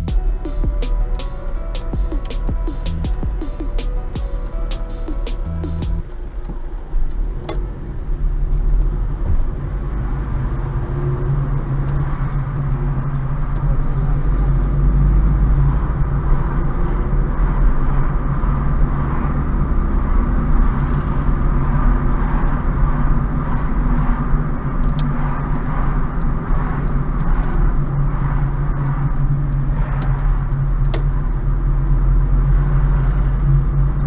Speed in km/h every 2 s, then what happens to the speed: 5, 5, 3, 5, 11, 22, 27, 29, 35, 38, 40, 40, 38, 35, 25, 24, 27.
0-6 steady at about 5. 6-19 speeds up to 40. 19-25 steady at about 40. 25-29 brakes to 24.